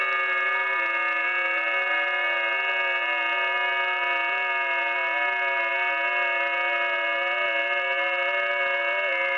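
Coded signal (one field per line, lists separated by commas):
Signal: FT8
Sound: dense chord of many steady warbling tones, like a droning organ of beeps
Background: radio static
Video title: RK5A002SWL - Receiving FT8 signals 28MHz - JTDX+WebSDR [SWL]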